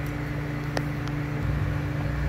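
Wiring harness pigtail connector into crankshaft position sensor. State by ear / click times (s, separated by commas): seated / 0.8 s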